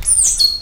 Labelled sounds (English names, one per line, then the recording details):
Stitchbird song
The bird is a male
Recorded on Tiritiri Matangi Island, New Zealand, in 2005
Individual 20, of nest box 28